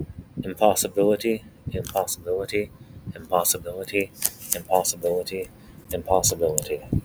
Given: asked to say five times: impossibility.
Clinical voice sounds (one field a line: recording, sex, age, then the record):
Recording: repeated word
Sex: male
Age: 20 to 29 years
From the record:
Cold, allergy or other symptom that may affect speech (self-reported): no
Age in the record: 28 years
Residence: California, United States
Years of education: 16